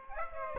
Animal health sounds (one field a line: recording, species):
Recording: mosquito wingbeat signal from an infrared sensor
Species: Aedes aegypti